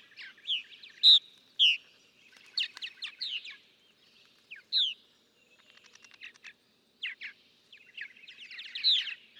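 Purple martin song in scattered phrases: rolling chirps, gurgles and sharp notes, with quieter gaps between bursts.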